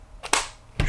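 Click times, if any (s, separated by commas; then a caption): 0.3 s, 0.8 s. A plastic face plate is slid over the front of a 1992–1996 Jeep car radio chassis, being fitted with a Bluetooth add-on, and pressed until it snaps into place. A faint scrape precedes two sharp plastic clicks at 0.3 s and 0.8 s, and the face plate is seated.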